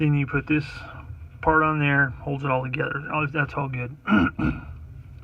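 A plastic part of a Bronco StuG III scale tank model kit is handled during assembly, about to be pressed into its mounting. Someone talks throughout, with no sharp hits in the clip. Nothing has seated or clicked yet.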